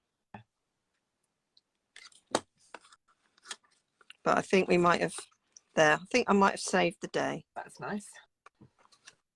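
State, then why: Seated. The flap of a card-stock mini handbag gift bag is closed, and its magnetic clasp snaps shut with a short, sharp click at 8.5 s, seating the magnet. Scattered light taps and clicks come before it, and someone talks in the middle of the clip.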